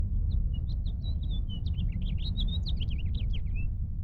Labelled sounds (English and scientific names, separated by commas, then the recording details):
House Finch (Haemorhous mexicanus) song
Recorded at Lawrence on Long Island, New York, on 4 June 1975
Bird F